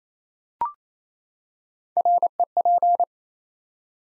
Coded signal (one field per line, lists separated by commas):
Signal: Morse code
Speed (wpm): 29 wpm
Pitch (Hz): 700 Hz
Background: none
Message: REP